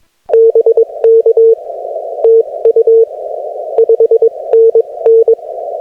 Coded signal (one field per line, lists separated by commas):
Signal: Morse code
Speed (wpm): 22 wpm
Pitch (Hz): 450 Hz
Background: none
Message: BK TU 5NN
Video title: Cursed CW POTA Activation at Waveland State Historic Site using FT-891, ZM-2 and EFRW